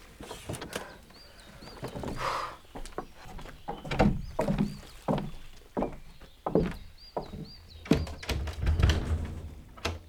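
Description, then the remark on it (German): A rowboat is dragged up onto the shore: a series of irregular wooden thumps and gritty scrapes, with high bird chirps sounding faintly in the background. No one speaks. “Das Boot muss ganz aufliegen.”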